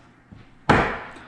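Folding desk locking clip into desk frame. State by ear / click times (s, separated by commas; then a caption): seated / 0.7 s. A locking clip on the frame of a Convenience Concepts Xtra Folding Desk with Charging Station is pushed home into the desk frame. After a quiet stretch with a faint knock around 0.3 s, a loud, sharp snap lands at 0.7 s and rings out briefly before fading. The clip is confirmed locked in place.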